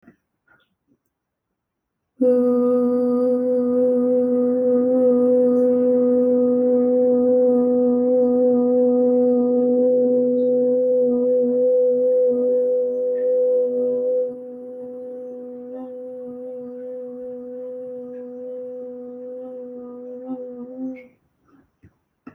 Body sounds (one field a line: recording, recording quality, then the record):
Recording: sustained vowel as in boot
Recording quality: excellent, no background noise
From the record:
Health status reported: healthy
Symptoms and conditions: none ticked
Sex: female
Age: 29 years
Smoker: not ticked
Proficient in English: yes